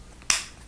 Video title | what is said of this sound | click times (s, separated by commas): Lego City Arctic Helicrane Set #60034 - Unboxing and Build | pop those right in there and it just kind of snaps right in place real easy to install | 0.3 s